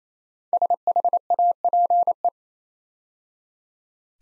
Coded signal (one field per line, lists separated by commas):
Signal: Morse code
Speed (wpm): 27 wpm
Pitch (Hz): 700 Hz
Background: none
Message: SHAPE